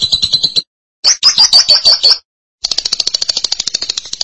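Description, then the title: Lovebird song of rapid, high, scratchy chattering trills in three bursts with brief silent gaps between them. "BM Suara Burung Lovebird"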